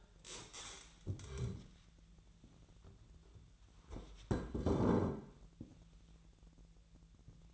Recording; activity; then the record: daily activity, microphone in the room; stand up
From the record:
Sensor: 3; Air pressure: 1001.5 hPa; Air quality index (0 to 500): 247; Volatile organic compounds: 140 ppm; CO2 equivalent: 3976 ppm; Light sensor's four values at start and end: 12/29/12/13 and 13/30/13/13